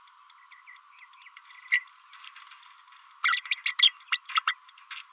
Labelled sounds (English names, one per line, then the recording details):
Green-rumped Parrotlet babbling
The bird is a female
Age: 30 days
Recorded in a nest box in Venezuela
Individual 17B32A5